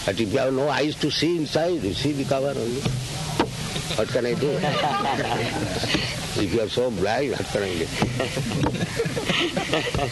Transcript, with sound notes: But if you have no eyes to see inside, you see the cover only. What can I do? [laughter] If you are so blind, what can I do?